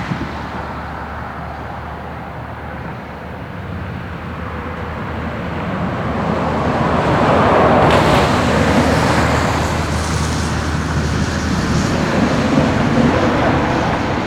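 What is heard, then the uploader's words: Steady expressway traffic rolls on without pause, a dense low rumble with a hissing wash over the top, likely tires on wet pavement. Around eight seconds a passing vehicle swells the sound louder and brighter, and it stays fuller through the end. The Calming Noise of the Wet Expressway.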